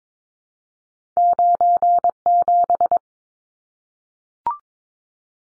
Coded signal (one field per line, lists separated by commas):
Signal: Morse code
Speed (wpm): 22 wpm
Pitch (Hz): 700 Hz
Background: none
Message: 97